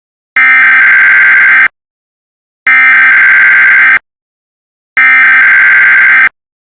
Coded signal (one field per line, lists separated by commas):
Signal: Emergency Alert System (SAME) tones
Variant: header bursts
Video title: Kaiserreich EAS Scenarios: Alternate History